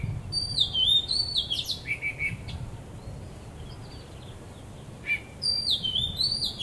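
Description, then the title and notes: Bird song: a busy burst of high falling whistles and twitters at the start, a long pause, then a fresh phrase near the end. Birds singing vigorously at Wu Kai Sha, Hong Kong, 15 December 2006; recorded with AKG condenser microphones in XY stereo. "香港 烏溪沙 雀鳥勁唱歌 Date: 15 December 2006"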